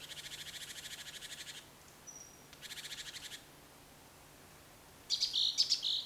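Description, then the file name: Great tit with a rapid, harsh churring chatter lasting over a second, a second shorter churr, then a burst of sharp high call notes near the end. "Parus major"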